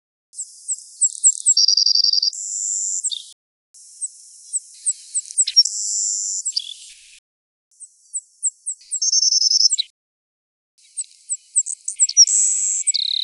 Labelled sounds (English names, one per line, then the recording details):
Savannah Sparrow song
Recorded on Kent Island, New Brunswick, in 2008